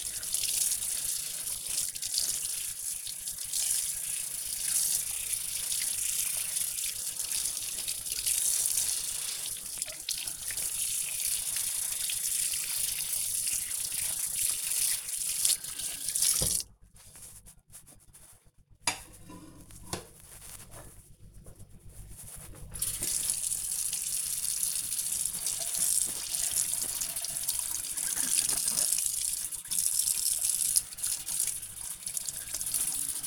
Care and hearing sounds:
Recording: household activities, microphone on the right wrist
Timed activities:
0.00-33.27 s: washing dishes

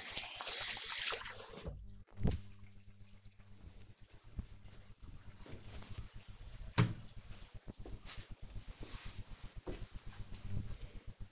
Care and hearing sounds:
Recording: household activities, microphone on the right wrist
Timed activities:
0.00-2.17 s: washing hands

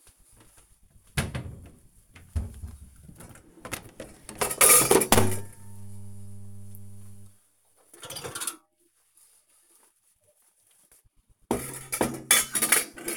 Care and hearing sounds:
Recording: household activities, microphone on the right wrist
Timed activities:
0.00-13.17 s: cleaning out the dishwasher

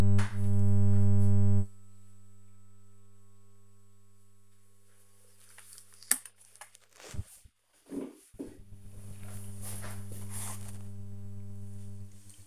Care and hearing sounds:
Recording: household activities, microphone on the right wrist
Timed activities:
4.20-12.47 s: ironing laundry

